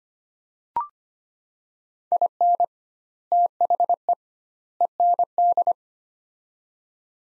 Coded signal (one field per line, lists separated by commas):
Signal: Morse code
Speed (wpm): 25 wpm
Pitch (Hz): 700 Hz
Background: none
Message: IN THE END